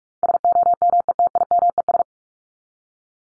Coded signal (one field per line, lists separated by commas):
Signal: Morse code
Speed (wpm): 44 wpm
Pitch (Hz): 700 Hz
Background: none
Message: SOMETIMES